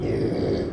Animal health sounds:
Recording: contact call of a hoofed animal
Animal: pig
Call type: closed-mouth grunt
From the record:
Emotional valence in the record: negative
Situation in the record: short social isolation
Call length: 0.73 s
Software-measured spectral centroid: 1250 Hz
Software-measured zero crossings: 860 a second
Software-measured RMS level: -24 dBFS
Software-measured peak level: -13 dBFS

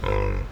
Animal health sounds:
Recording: contact call of a hoofed animal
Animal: wild boar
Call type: grunt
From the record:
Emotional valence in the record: positive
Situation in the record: food anticipation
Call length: 0.51 s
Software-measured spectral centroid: 1520 Hz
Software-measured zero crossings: 840 a second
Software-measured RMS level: -24 dBFS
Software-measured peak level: -10 dBFS

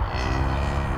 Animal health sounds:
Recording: contact call of a hoofed animal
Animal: cattle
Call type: low-frequency (closed-mouth) or high-frequency (open-mouth) call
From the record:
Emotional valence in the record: negative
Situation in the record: physical separation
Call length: 0.98 s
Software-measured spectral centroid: 1710 Hz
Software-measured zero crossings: 1200 a second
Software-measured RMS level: -24 dBFS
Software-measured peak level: -11 dBFS

